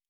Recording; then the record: hydrophone in a shrimp aquaculture tank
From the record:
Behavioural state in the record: normal